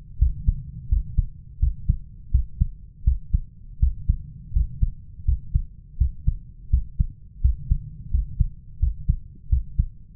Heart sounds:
heart sounds by stethoscope; 84 bpm
0.21 s: heartbeat
0.91 s: heartbeat
1.62 s: heartbeat
2.33 s: heartbeat
3.06 s: heartbeat
3.82 s: heartbeat
4.55 s: heartbeat
5.27 s: heartbeat
6.00 s: heartbeat
6.72 s: heartbeat
7.43 s: heartbeat
8.13 s: heartbeat
8.82 s: heartbeat
9.51 s: heartbeat
From the record:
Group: healthy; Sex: male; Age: 21 years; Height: 175 cm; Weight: 72.6 kg

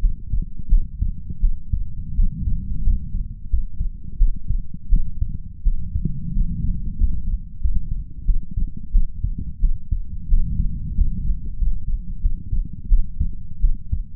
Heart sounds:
heart sounds by stethoscope; 88 bpm
0.68 s: heartbeat
1.39 s: heartbeat
2.14 s: heartbeat
2.82 s: heartbeat
3.48 s: heartbeat
4.16 s: heartbeat
4.88 s: heartbeat
5.62 s: heartbeat
6.31 s: heartbeat
6.95 s: heartbeat
7.59 s: heartbeat
8.24 s: heartbeat
8.90 s: heartbeat
9.59 s: heartbeat
10.27 s: heartbeat
10.93 s: heartbeat
11.56 s: heartbeat
12.20 s: heartbeat
12.87 s: heartbeat
13.59 s: heartbeat
From the record:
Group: healthy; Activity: rest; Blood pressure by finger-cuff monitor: 113/66 mmHg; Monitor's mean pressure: 82 mmHg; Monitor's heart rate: 90 bpm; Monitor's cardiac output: 7.3 L/min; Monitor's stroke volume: 81 mL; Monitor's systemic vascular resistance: 810 dyn s/cm5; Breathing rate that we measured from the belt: 15 breaths a minute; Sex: female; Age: 26 years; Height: 165 cm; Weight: 55 kg

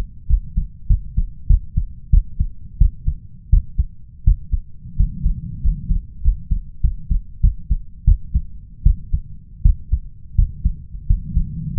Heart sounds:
heart sounds by stethoscope; 89 bpm
0.26 s: heartbeat
0.87 s: heartbeat
1.47 s: heartbeat
2.10 s: heartbeat
2.78 s: heartbeat
3.49 s: heartbeat
4.24 s: heartbeat
4.96 s: heartbeat
5.61 s: heartbeat
6.21 s: heartbeat
6.80 s: heartbeat
7.40 s: heartbeat
8.04 s: heartbeat
8.83 s: heartbeat
9.62 s: heartbeat
10.35 s: heartbeat
11.06 s: heartbeat
11.73 s: heartbeat
From the record:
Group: healthy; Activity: rest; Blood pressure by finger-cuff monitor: 117/85 mmHg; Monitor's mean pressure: 95 mmHg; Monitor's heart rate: 91 bpm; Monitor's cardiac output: 6.3 L/min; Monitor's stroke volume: 73 mL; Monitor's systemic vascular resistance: 1110 dyn s/cm5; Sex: male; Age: 21 years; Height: 180 cm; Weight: 67.5 kg

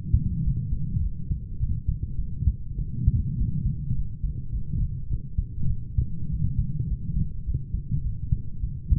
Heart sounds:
heart sounds by stethoscope; 103 bpm
0.43 s: heartbeat
1.01 s: heartbeat
1.59 s: heartbeat
2.17 s: heartbeat
2.78 s: heartbeat
3.37 s: heartbeat
3.95 s: heartbeat
4.51 s: heartbeat
5.09 s: heartbeat
5.69 s: heartbeat
6.29 s: heartbeat
6.88 s: heartbeat
7.45 s: heartbeat
8.03 s: heartbeat
8.62 s: heartbeat
From the record:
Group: healthy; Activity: light exercise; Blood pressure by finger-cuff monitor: 138/71 mmHg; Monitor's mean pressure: 88 mmHg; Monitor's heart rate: 103 bpm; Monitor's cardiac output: 9.1 L/min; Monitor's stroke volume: 89 mL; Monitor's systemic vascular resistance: 720 dyn s/cm5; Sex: female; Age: 22 years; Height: 160 cm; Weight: 63 kg

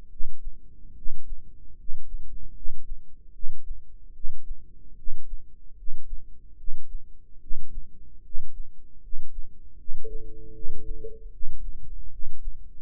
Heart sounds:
heart sounds by microphone in the right ear; 75 bpm
0.08 s: heartbeat
0.93 s: heartbeat
1.75 s: heartbeat
2.52 s: heartbeat
3.31 s: heartbeat
4.12 s: heartbeat
4.95 s: heartbeat
5.74 s: heartbeat
6.55 s: heartbeat
7.39 s: heartbeat
8.21 s: heartbeat
9.00 s: heartbeat
9.76 s: heartbeat
10.51 s: heartbeat
11.30 s: heartbeat
12.08 s: heartbeat
From the record:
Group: healthy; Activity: rest 0-10 s, breath hold 10-13 s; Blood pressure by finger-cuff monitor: 118/68 mmHg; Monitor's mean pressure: 81 mmHg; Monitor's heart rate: 75 bpm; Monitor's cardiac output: 7.4 L/min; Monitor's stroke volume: 101 mL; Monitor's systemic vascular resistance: 800 dyn s/cm5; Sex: male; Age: 35 years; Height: 180 cm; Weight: 86.9 kg

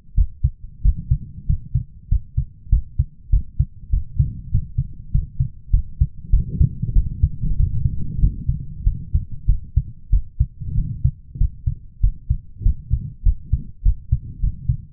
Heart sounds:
heart sounds by stethoscope; 97 bpm
0.15 s: heartbeat
0.82 s: heartbeat
1.46 s: heartbeat
2.09 s: heartbeat
2.70 s: heartbeat
3.30 s: heartbeat
3.90 s: heartbeat
4.51 s: heartbeat
5.11 s: heartbeat
5.71 s: heartbeat
6.30 s: heartbeat
6.93 s: heartbeat
7.57 s: heartbeat
8.20 s: heartbeat
8.84 s: heartbeat
9.47 s: heartbeat
10.10 s: heartbeat
10.75 s: heartbeat
11.38 s: heartbeat
12.01 s: heartbeat
12.63 s: heartbeat
13.24 s: heartbeat
13.83 s: heartbeat
14.41 s: heartbeat
From the record:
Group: healthy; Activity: rest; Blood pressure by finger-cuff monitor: 148/103 mmHg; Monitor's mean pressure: 117 mmHg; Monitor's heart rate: 96 bpm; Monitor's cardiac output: 7.8 L/min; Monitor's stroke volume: 82 mL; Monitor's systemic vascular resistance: 1130 dyn s/cm5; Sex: male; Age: 23 years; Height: 179 cm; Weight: 87 kg

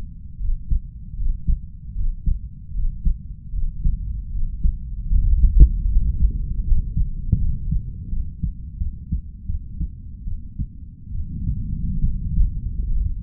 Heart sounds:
heart sounds by stethoscope; 77 bpm
0.38 s: heartbeat
1.15 s: heartbeat
1.94 s: heartbeat
2.72 s: heartbeat
3.51 s: heartbeat
4.30 s: heartbeat
5.10 s: heartbeat
5.87 s: heartbeat
6.63 s: heartbeat
7.37 s: heartbeat
8.08 s: heartbeat
8.77 s: heartbeat
9.45 s: heartbeat
10.24 s: heartbeat
11.11 s: heartbeat
12.00 s: heartbeat
12.86 s: heartbeat
From the record:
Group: healthy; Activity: breath hold 0-8 s, rest 8-13 s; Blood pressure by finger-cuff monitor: 107/65 mmHg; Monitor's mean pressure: 73 mmHg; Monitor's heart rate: 77 bpm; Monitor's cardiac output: 5.3 L/min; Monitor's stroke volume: 68 mL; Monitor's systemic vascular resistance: 1000 dyn s/cm5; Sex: female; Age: 32 years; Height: 168 cm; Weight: 61.9 kg

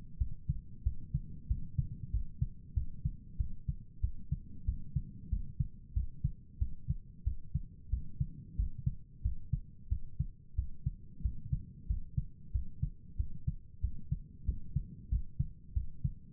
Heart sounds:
heart sounds by stethoscope; 93 bpm
0.18 s: heartbeat
0.83 s: heartbeat
1.47 s: heartbeat
2.10 s: heartbeat
2.73 s: heartbeat
3.37 s: heartbeat
4.00 s: heartbeat
4.65 s: heartbeat
5.29 s: heartbeat
5.93 s: heartbeat
6.58 s: heartbeat
7.23 s: heartbeat
7.89 s: heartbeat
8.56 s: heartbeat
9.22 s: heartbeat
9.88 s: heartbeat
10.55 s: heartbeat
11.21 s: heartbeat
11.86 s: heartbeat
12.51 s: heartbeat
13.16 s: heartbeat
13.80 s: heartbeat
14.45 s: heartbeat
15.09 s: heartbeat
15.73 s: heartbeat
From the record:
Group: healthy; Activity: rest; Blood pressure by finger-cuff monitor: 96/71 mmHg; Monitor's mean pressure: 80 mmHg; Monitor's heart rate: 93 bpm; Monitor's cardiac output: 7.3 L/min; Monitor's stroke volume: 78 mL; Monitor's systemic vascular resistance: 790 dyn s/cm5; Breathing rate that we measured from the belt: 18 breaths a minute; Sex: male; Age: 19 years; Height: 178 cm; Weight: 83 kg

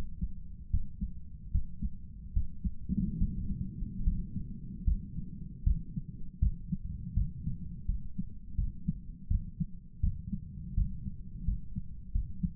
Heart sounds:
heart sounds by stethoscope; 79 bpm
0.69 s: heartbeat
1.51 s: heartbeat
2.32 s: heartbeat
3.17 s: heartbeat
4.03 s: heartbeat
4.84 s: heartbeat
5.63 s: heartbeat
6.39 s: heartbeat
7.14 s: heartbeat
7.86 s: heartbeat
8.56 s: heartbeat
9.28 s: heartbeat
10.00 s: heartbeat
10.74 s: heartbeat
11.45 s: heartbeat
12.12 s: heartbeat
From the record:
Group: healthy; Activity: breath hold 0-5 s, rest 5-13 s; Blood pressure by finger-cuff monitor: 175/91 mmHg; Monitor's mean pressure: 110 mmHg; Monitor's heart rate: 79 bpm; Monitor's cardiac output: 7.7 L/min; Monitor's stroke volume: 102 mL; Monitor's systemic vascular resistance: 1060 dyn s/cm5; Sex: male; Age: 57 years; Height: 188 cm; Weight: 106 kg

